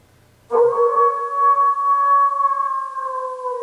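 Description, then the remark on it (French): A wolf in the mountains lets out one long, sustained howl that starts abruptly and holds a steady, mid-pitched tone with a slight waver for about three seconds, with no other sounds around it. “Faisait le loup.”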